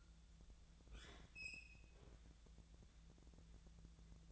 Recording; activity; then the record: daily activity, microphone in the room; open fridge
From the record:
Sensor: 3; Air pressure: 1000.1 hPa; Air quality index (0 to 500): 130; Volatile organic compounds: 2 ppm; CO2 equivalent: 1163 ppm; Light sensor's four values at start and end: 43/108/46/50 and 43/108/46/50